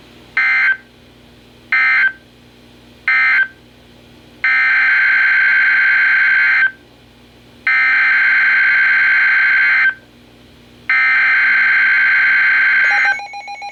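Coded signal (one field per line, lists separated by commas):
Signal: Emergency Alert System (SAME) tones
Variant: header bursts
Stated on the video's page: Special marine warning and winter storm warnings received from NOAA Weather Radio stations.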